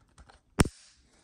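The plastic tail of a Jurassic World Camp Cretaceous Ouranosaurus toy dinosaur figure is pushed onto the ball joint on its body. After a couple of faint ticks around 0.2 and 0.3 seconds, a sharp, loud plastic pop sounds at 0.6 seconds. The tail snaps into place and is seated.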